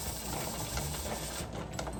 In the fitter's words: yes okay so that is popped into place and now we're gonna watch this